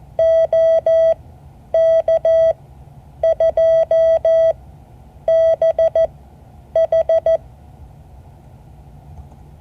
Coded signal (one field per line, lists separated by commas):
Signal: Morse code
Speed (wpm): 14 wpm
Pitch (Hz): 650 Hz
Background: none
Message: OK2BH